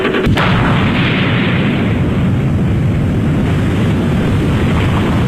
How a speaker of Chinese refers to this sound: 1964年10月16日，我国第一颗原子弹爆炸成功。